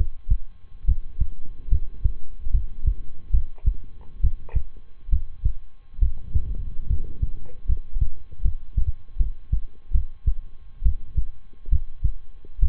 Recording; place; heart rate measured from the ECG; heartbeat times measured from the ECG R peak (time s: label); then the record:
heart sounds by stethoscope; between the tricuspid and mitral areas; 72 bpm
0.84 s: heartbeat
1.68 s: heartbeat
2.50 s: heartbeat
3.30 s: heartbeat
4.20 s: heartbeat
5.09 s: heartbeat
5.98 s: heartbeat
6.86 s: heartbeat
7.65 s: heartbeat
8.41 s: heartbeat
9.16 s: heartbeat
9.91 s: heartbeat
10.82 s: heartbeat
11.68 s: heartbeat
12.59 s: heartbeat
From the record:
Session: rest, lying down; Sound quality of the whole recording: good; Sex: male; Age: 23 years